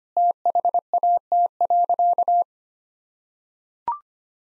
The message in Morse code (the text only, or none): THAT.